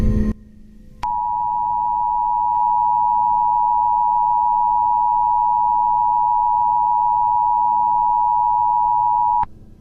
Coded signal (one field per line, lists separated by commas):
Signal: Emergency Alert System (SAME) tones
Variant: 853 and 960 Hz attention tone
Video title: EAS Scenario #8: SCP- 096 (The Shy Guy)